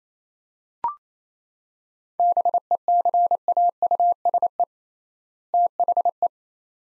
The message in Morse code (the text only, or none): BECAUSE THE